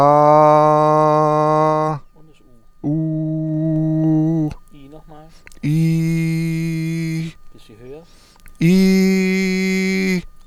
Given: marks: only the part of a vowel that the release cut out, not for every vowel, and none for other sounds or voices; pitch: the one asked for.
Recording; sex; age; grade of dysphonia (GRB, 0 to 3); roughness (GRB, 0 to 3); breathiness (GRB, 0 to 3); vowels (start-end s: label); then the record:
sustained vowels; male; 30 to 39 years; 0; 0; 0
0.00-1.80 s: vowel /a/, normal pitch
2.93-4.37 s: vowel /u/, normal pitch
5.76-7.10 s: vowel /i/, normal pitch
8.71-10.05 s: vowel /i/, high pitch
From the record:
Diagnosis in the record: healthy voice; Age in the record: 32 years